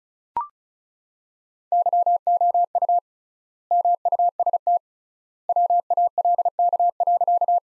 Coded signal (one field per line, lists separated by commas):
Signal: Morse code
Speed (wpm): 36 wpm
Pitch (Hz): 700 Hz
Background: none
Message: YOU MUST WALK.